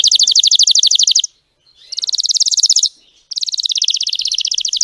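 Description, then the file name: Canary song: three bursts of rapid, loud trilling separated by short pauses. Singing Belgian canary, red frosted colour variety. "canto do canario belga vermelho nevado"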